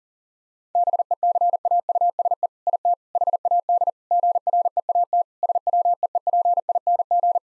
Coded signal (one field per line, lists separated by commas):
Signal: Morse code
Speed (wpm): 40 wpm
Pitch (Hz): 700 Hz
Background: none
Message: BECAUSE IT HAD GREAT SWEEPING